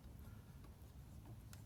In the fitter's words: until you hear the click once you once you click it